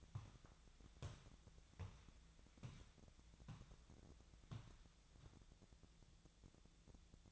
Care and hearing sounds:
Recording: daily activity, microphone in the room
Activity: walk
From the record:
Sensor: 3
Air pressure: 1012.2 hPa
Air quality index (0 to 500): 183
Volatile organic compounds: 3 ppm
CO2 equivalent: 1401 ppm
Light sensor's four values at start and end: 51/135/58/61 and 51/135/58/61

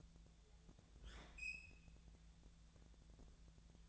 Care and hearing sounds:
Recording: daily activity, microphone in the room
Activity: open fridge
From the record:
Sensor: 3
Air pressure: 1000.0 hPa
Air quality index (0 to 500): 132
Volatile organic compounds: 2 ppm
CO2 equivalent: 1179 ppm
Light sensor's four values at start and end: 42/108/46/50 and 42/107/45/50

